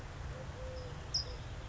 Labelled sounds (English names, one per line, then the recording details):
California Towhee
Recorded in Sonoma County, California